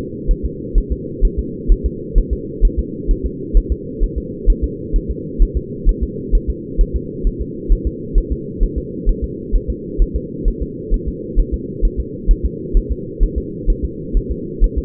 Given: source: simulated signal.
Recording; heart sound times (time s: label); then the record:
fetal heart sounds
0.31 s: S1
0.45 s: S2
0.78 s: S1
0.92 s: S2
1.25 s: S1
1.39 s: S2
1.72 s: S1
1.86 s: S2
2.18 s: S1
2.33 s: S2
2.65 s: S1
2.79 s: S2
3.11 s: S1
3.26 s: S2
3.57 s: S1
3.72 s: S2
4.04 s: S1
4.18 s: S2
4.50 s: S1
4.64 s: S2
4.96 s: S1
5.11 s: S2
5.42 s: S1
5.57 s: S2
5.89 s: S1
6.03 s: S2
6.35 s: S1
6.50 s: S2
6.81 s: S1
6.96 s: S2
7.27 s: S1
7.41 s: S2
7.72 s: S1
7.87 s: S2
8.18 s: S1
8.32 s: S2
8.63 s: S1
8.78 s: S2
9.09 s: S1
9.24 s: S2
9.55 s: S1
9.70 s: S2
10.02 s: S1
10.16 s: S2
10.48 s: S1
10.62 s: S2
10.94 s: S1
11.08 s: S2
11.40 s: S1
11.54 s: S2
11.85 s: S1
12.00 s: S2
12.31 s: S1
12.45 s: S2
12.77 s: S1
12.91 s: S2
13.23 s: S1
13.38 s: S2
13.70 s: S1
13.85 s: S2
14.17 s: S1
14.31 s: S2
14.64 s: S1
14.78 s: S2
From the record:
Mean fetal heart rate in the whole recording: 130 bpm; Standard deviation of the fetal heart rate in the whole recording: 2 bpm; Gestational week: 38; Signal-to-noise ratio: -4.1 dB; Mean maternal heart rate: no maternal heart sound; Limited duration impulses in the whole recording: absent